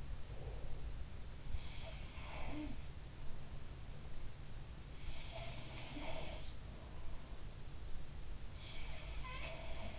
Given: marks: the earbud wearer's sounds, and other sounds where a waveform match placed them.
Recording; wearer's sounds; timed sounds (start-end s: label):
sounds in sleep by an in-ear microphone; breath
0.00-0.87 s: breath
1.82-2.92 s: sound from someone else or the room
5.05-6.73 s: sound from someone else or the room
8.93-9.99 s: sound from someone else or the room